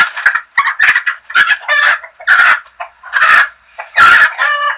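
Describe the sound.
Chickens giving loud, harsh squawking calls in quick succession, several bursts separated by short quiet gaps.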